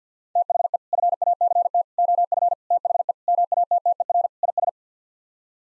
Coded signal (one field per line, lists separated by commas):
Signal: Morse code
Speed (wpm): 50 wpm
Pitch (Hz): 700 Hz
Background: none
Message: THE FACT OF THE MATTER IS